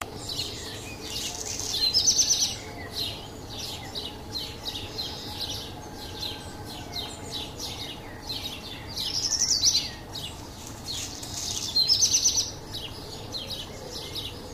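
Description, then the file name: Black redstart giving brief high chirping bursts at irregular intervals, three stronger phrases standing out among fainter repeated chirps, with constant low background noise throughout. "Codirosso Spazzacamino"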